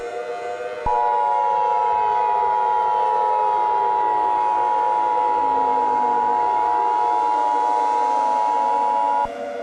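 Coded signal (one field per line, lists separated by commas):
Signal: Emergency Alert System (SAME) tones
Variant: 853 and 960 Hz attention tone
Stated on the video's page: Mostly real alert with some alterations, presented as a scenario.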